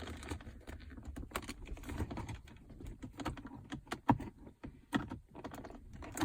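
A plastic centre-console trim panel around the gear shifter of a Holden VF Commodore is lifted, with scratchy handling noises and light taps throughout. At 4.1 s its retaining clip lets go with a short, sharp click, the loudest sound in the clip. The clip releases and the panel comes up.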